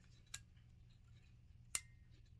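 While a Sig Sauer P290RS pistol is taken apart, the slide is moved until the slide lock spring in the frame gives a second, slight spring click at 1.8 s, sharp and bright against a low steady hum. A fainter tick comes earlier, at 0.3 s. The spring is now in its release position, so the slide lock can be held in place and its pin poked out.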